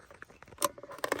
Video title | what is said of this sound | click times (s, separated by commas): Mercedes E350 Headrest Deployed? What to Do? Resetting NECK-PRO Headrest After Fender Bender – W211 | You hear that click? That was a click. | 0.6 s